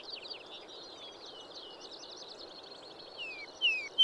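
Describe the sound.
Vesper sparrow song: rapid high trills and buzzy warbled notes, then several clear downslurred whistles near the end, over steady background hiss.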